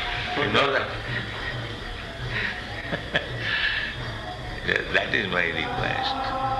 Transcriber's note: laughs